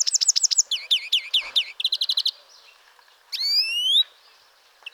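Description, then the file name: European greenfinch singing quick rattling trills, then a long wheeze that rises steadily, followed by quiet and the start of another note. "Chloris chloris"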